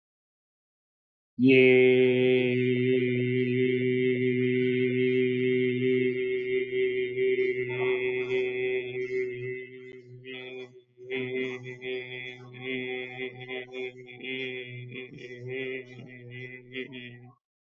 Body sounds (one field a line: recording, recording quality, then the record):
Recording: sustained vowel as in made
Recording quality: excellent, no background noise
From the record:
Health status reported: recovered from COVID-19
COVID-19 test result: positive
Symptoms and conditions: cough, cold, fever, loss of smell and taste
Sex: male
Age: 32 years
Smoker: not ticked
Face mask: not worn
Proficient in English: yes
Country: India